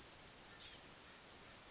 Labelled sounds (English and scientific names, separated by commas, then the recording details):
Blue-gray Gnatcatcher (Polioptila caerulea)
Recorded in Sonoma County, California